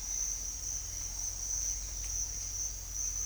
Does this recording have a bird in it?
no